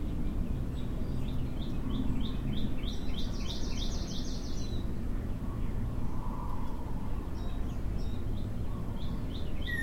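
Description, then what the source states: Birds chirping, a series of short high notes repeated evenly with a brief buzzy trill, over steady low background rumble. Recorded in the morning.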